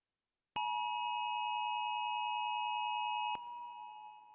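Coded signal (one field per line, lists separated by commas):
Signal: Emergency Alert System (SAME) tones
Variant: 853 and 960 Hz attention tone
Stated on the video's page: Fictional EAS scenario.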